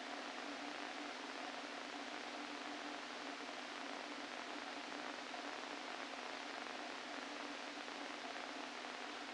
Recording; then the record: brain microelectrode recording played as sound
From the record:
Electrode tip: inside the subthalamic nucleus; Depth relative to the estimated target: 1 mm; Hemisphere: left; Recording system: NeuroSet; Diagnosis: Parkinson's disease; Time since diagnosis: 13 years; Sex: male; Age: 49 years